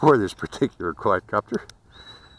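Someone talks while fitting the proprietary battery of a Cheerson CX-70 quadcopter into its charger or the drone body. Speech fills the first 1.7 seconds, then a quiet, steady high tone sits near 4 kHz until the end. Nothing has seated or clicked yet.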